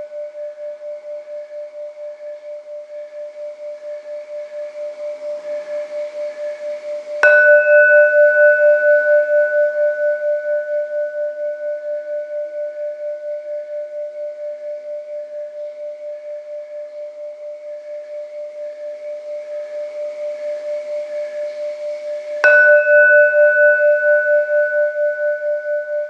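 A bell is struck twice, at about seven seconds and again near twenty-two seconds, each strike giving a sharp attack followed by a long, steady, pulsing hum. Between strikes the previous tone lingers, slowly fading, with a bright ringing overtone above a mid-pitched drone.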